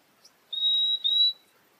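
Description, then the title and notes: Purple-throated euphonia call: two clear, steady high whistled notes, the first longer than the second, with a brief gap between them. "Áudio do pio do fim-fim. Fonte: WikiAves."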